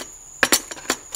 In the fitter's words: it'll snap right in where that one goes okay and stay in there